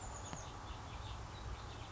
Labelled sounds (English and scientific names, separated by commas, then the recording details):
Chestnut-backed Chickadee (Poecile rufescens)
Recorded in Sonoma County, California